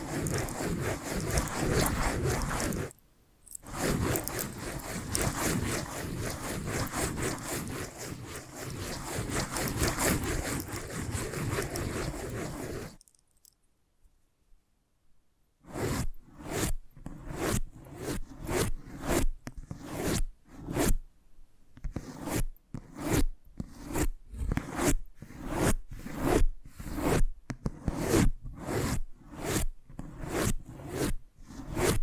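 Scratching and tracing fill the first thirteen seconds with a dense, continuous rasp, broken by a short gap near three seconds. After a pause of about two seconds, quick separate taps and scratchy strokes follow in an uneven but steady rhythm, each brief and crisp.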